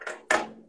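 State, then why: Seated. A spring-loaded metal tile clip is pinched by hand, placed over the interlock of a concrete roof tile and pushed home without a hammer. A soft scrape-like contact at about 0.1 s is followed by a sharp, bright click at 0.3 s that rings out and fades. The clip seats firmly onto the tile.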